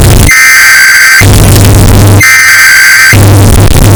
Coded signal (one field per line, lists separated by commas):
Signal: Emergency Alert System (SAME) tones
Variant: header bursts